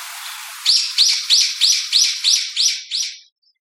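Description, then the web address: Brown-eared bulbul call series: eight loud, harsh, high notes in a steady run about every third of a second, then silence. "birds hiyodori"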